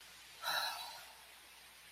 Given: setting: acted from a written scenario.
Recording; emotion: vocal sound without words; serenity